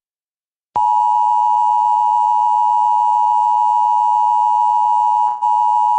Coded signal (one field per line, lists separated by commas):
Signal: Emergency Alert System (SAME) tones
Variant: 853 and 960 Hz attention tone